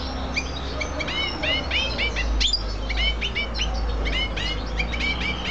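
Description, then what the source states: Canary chirping: repeated short arched chirps and twittering notes, several per second, over a steady low hum. Female.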